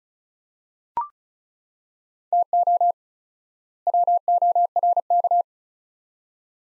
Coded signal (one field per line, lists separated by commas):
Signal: Morse code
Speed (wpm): 36 wpm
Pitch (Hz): 700 Hz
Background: none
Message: TO WORK